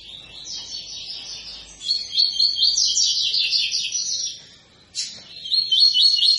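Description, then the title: Double-collared seedeater giving long runs of quick, sharp, high twittered notes, pausing briefly before a final burst. Tui-tui song style, a teacher song for training young birds; the bird is described as 'fibra'. "COLEIRO TUI TUI FIBRA"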